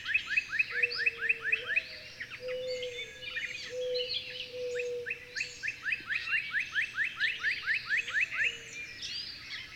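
Bird chorus of rapid upslurred chirps repeated in long runs, with higher twitters and a low level tone that steps up briefly.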